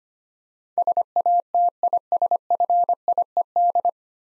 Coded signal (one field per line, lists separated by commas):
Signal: Morse code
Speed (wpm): 25 wpm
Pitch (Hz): 700 Hz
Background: none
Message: SATISFIED